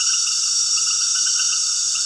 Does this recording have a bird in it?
no